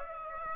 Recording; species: mosquito wingbeat signal from an infrared sensor; Aedes aegypti